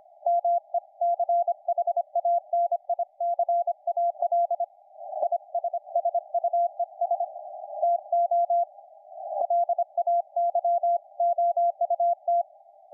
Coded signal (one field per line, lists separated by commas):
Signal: Morse code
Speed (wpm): 26 wpm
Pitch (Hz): 690 Hz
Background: none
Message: MECHANICAL ISSUES TO LAYOUT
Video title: HP15 laptop + SDRplay